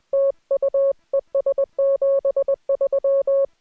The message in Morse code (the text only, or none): TU ES 73